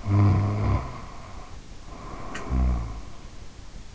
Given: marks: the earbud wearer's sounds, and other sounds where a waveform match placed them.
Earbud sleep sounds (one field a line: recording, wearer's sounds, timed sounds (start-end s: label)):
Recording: sounds in sleep by an in-ear microphone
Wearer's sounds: snoring breath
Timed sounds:
0.05-3.19 s: snoring breath